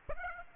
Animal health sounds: mosquito wingbeat signal from an infrared sensor; Aedes aegypti

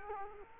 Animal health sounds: mosquito wingbeat signal from an infrared sensor; Culex quinquefasciatus

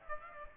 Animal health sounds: mosquito wingbeat signal from an infrared sensor; Aedes aegypti

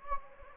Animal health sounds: mosquito wingbeat signal from an infrared sensor; Anopheles gambiae

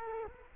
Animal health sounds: mosquito wingbeat signal from an infrared sensor; Culex quinquefasciatus

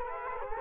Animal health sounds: mosquito wingbeat signal from an infrared sensor; Culex quinquefasciatus

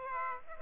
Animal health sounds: mosquito wingbeat signal from an infrared sensor; Aedes aegypti

